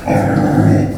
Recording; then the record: squeal of a Yucatan mini pig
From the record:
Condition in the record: after surgery on the right vocal fold (resection and tissue-engineered implant); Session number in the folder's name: 2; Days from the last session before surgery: 18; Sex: female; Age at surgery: 19 weeks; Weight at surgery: 25 kg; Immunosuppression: prednisolone